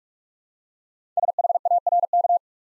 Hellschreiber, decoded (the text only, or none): none